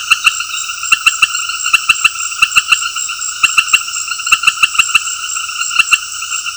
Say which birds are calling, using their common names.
none